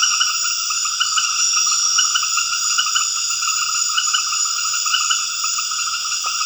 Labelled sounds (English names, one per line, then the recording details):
none
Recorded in dense forest near Puerto Asís, Putumayo, Colombia, on 9 March 2025 at 21:30
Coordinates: 0.481, -76.323
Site G088